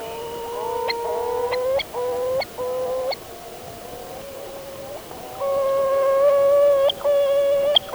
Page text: Endemic Bird of the Day: Black-capped Petrel